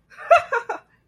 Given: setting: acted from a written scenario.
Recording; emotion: vocal sound without words; elation